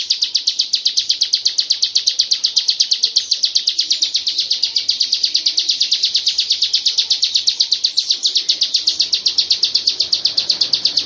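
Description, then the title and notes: Bird chirping continuously for the whole stretch in a dense, even series of rapid high notes that barely changes. "Bird Sound. Kicau Burung Lengkap"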